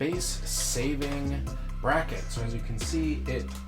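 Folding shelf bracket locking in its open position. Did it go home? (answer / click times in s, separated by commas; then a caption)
no / none. A retractable, space-saving folding metal shelf bracket is handled by hand before it is folded up to lock in its open position, while someone talks over background music. Nothing has seated or clicked into place yet.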